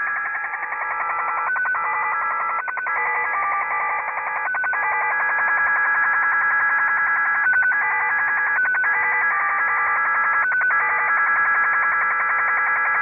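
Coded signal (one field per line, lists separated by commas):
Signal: HF data modem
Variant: XSL Japanese Slot Machine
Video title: |XSL "Japanese Slot Machine"| idle broadcast 9.June 2024 11:53 UTC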